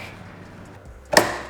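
A spring-loaded delta arm end is pressed onto its ball joint on an FLSUN T1 3D printer. After about a second of quiet low handling noise, a sharp, bright click sounds at 1.2 s. The arm end snaps into place and is seated.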